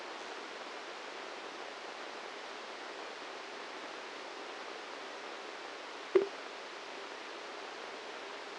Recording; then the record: brain microelectrode recording played as sound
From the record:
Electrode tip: inside the subthalamic nucleus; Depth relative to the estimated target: -2 mm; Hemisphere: left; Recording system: NeuroSet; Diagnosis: Parkinson's disease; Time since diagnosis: 8 years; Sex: male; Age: 58 years